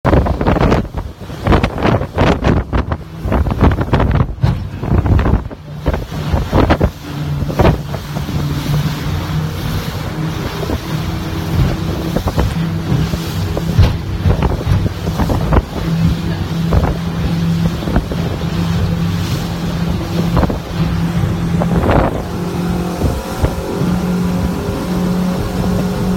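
A boat ride over choppy sea, with the engine droning low and steady throughout. The first six seconds are dominated by loud, rough wind buffeting and thumps, then the hull's slaps and knocks come every second or two as the motor hums on.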